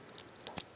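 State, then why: Released. A plastic swap foot is pulled down off the ball peg on the leg of a Bandai Tamashii Nations S.H.Figuarts Naruto Shippuden Rock Lee action figure so it can be exchanged. After a faint tick at about 0.2 s, two short, sharp pops at 0.5 s and 0.6 s mark the foot unpegging and coming free.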